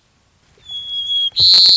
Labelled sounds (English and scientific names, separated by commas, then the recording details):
White-crowned Sparrow (Zonotrichia leucophrys)
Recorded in Sonoma County, California